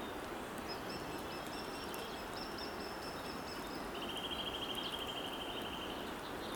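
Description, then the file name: Lesser spotted woodpecker calling: a rapid, even series of high, thin notes held for about two seconds, over steady background hiss. "Datel Maly Dend Minor"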